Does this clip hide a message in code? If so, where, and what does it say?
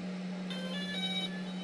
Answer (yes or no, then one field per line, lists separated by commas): no